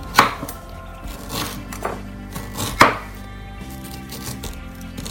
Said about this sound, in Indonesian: Bonggolnya akan saya potong-potong.